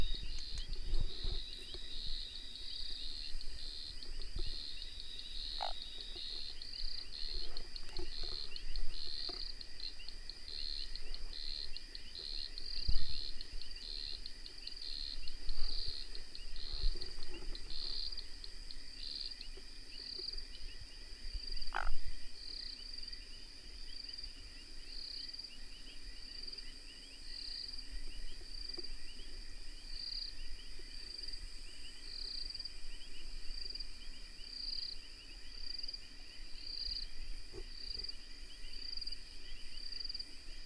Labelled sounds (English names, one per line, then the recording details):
African Gray Treefrog call
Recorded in the wild
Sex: male
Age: adult
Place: Hoedspruit, Marepe Lodge, ZA
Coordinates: -24.45, 30.84
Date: 1996-01-10 22:56
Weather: 24°C
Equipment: Sony TCD-D3, Sennheiser ME 80, K 30 AV
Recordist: Gutsche, Alexander